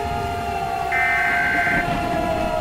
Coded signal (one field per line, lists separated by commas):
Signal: Emergency Alert System (SAME) tones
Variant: header bursts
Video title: KC Presents - EAS Scenario #7: Three Mile Island - An Alternate Finale